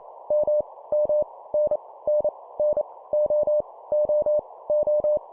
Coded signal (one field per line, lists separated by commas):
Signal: Morse code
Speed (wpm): 28 wpm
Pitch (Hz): 600 Hz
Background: none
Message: M M N N N O O O